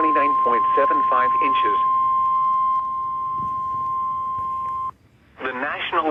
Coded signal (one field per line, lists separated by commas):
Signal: Emergency Alert System (SAME) tones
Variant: 1050 Hz attention tone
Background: speech